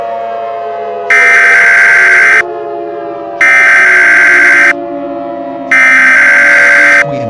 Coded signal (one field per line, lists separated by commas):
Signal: Emergency Alert System (SAME) tones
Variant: header bursts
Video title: EAS Scenario #17 2021